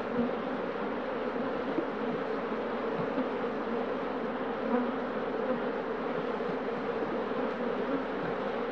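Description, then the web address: Bees humming in a continuous even drone with no pauses, a thick low buzzing texture throughout. "пчела"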